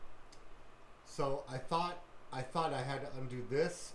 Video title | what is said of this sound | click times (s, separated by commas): 1997 SeaDoo GTI Restoration Part 1 | it just clicks | 0.3 s